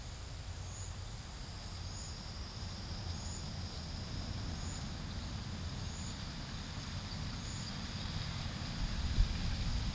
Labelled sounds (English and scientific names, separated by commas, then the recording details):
none
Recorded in pastures near Puerto Asís, Putumayo, Colombia, on 8 March 2025 at 11:30
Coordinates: 0.472, -76.329
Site G074